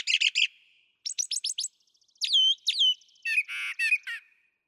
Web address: songs Brown Thrasher